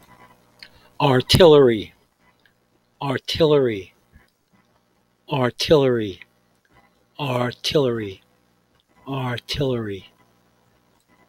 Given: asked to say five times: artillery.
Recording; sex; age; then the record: repeated word; male; 50 to 59 years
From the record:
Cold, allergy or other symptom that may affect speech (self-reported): no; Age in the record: 55 years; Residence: Florida, United States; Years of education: 18